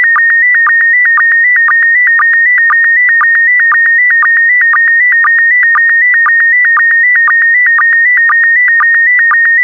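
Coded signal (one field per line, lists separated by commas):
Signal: SSTV (slow-scan television)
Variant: PD120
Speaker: transmission complete you can now check your decoded image against the picture that is shown on the video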